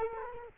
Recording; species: mosquito wingbeat signal from an infrared sensor; Culex quinquefasciatus